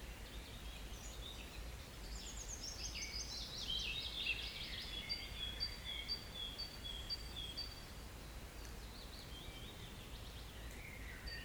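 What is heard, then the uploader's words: Birds chirp in summer woods, a bright descending trill around four to six seconds, with steady hiss and low rumble throughout. Summer Woods.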